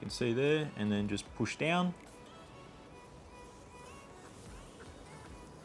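A soldered connector pin is being pushed with a flathead screwdriver into a plastic EC5 plug housing held in pliers. Someone talks for the first two seconds, then only low background noise remains. Nothing has seated or clicked yet.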